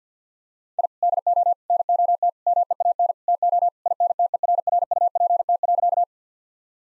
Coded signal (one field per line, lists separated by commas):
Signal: Morse code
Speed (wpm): 48 wpm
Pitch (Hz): 700 Hz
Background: none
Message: I DO NOT MEAN TO INTERRUPT.